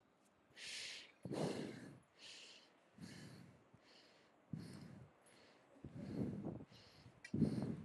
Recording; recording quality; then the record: shallow breathing; excellent, no background noise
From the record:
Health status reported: exposed to COVID-19, no respiratory illness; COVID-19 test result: negative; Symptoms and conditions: none ticked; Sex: female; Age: 23 years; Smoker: not ticked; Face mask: not worn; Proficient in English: yes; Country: India